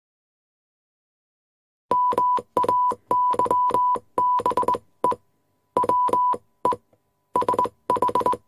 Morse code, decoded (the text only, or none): MAYBE WE SH